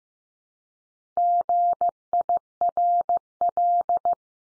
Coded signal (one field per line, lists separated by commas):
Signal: Morse code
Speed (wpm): 15 wpm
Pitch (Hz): 700 Hz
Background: none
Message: GIRL